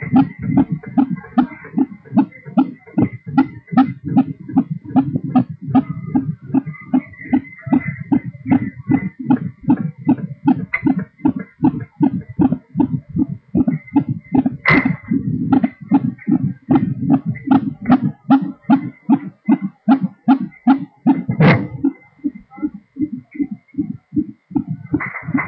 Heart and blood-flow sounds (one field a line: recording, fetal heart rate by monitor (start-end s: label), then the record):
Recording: fetal heart sounds by stethoscope on the mother's abdomen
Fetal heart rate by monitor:
0.00-10.00 s: 153 bpm
10.00-20.00 s: 156 bpm
20.00-25.48 s: 147 bpm
From the record:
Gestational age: 38 weeks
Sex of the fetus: girl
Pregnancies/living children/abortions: 5/2/2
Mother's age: 35 years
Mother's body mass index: 28.4